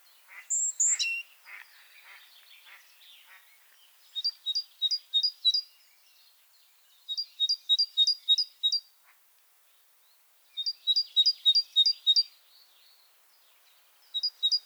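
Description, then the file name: Great tit calling in bursts of five or six quick, bright two-toned notes, each burst every few seconds, after a jumble of high chirps at the start. "Parus major"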